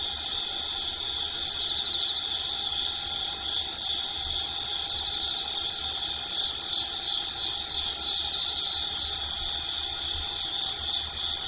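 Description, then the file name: Kinhibari cricket song: a continuous, very high, shimmering trill that holds steady without pause throughout. Recorded 14 October 2013. "20131014 A-kinhibari"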